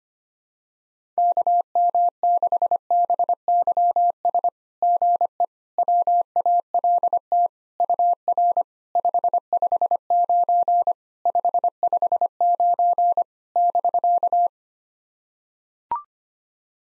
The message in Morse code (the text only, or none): KM6BYS GE WALT UR 559 559 <BK>